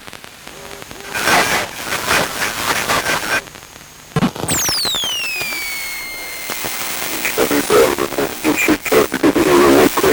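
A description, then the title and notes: Radio transmission with crackling static bursts, a descending whistling tone near the middle, then choppy garbled interference growing denser toward the end. Interception - Radio Transmission Sound Effects. Created with hardware synthesizers, electromagnetic fields and radio recordings. Signal interferences, frequency selections and modulations, receiver and transmitter static noises, speaker hums. Radio communication and interference sound effects.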